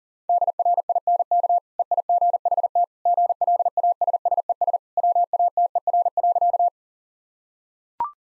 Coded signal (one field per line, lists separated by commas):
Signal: Morse code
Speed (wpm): 40 wpm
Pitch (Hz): 700 Hz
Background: none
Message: DRINK EIGHT GLASSES WATER.